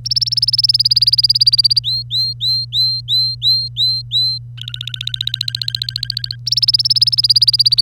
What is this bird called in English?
Domestic Canary